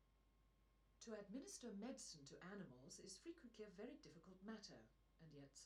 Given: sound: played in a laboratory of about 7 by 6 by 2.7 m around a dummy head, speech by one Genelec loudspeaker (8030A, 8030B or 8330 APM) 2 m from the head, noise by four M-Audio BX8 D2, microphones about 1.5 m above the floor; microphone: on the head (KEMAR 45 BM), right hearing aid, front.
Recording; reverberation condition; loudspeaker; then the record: female speech in English; low; behind (180 degrees)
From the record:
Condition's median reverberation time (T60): about 310 ms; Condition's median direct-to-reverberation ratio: about 3.5 dB